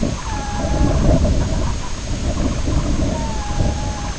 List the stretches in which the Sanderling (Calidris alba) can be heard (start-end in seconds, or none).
2.31-2.92